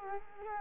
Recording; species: mosquito wingbeat signal from an infrared sensor; Culex quinquefasciatus